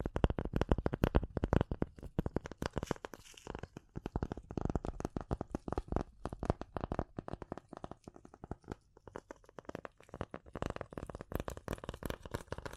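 Tapping and scratching in a rapid, dense run of sharp clicks and scrapes, busiest in the first four seconds, then slightly sparser and uneven.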